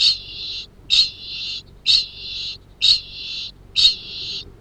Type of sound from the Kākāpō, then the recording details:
ching call. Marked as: faintness 1/5. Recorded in New Zealand. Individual Arab